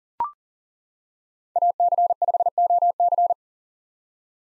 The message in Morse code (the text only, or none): AC5OC